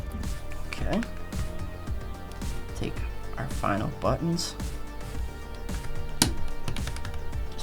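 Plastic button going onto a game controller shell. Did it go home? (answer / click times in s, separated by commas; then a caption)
yes / 6.2 s. Over background music, someone talks while the final plastic face buttons are pressed onto a PS5 controller shell. A single sharp, loud snap at 6.2 s marks a button popping into place, seated.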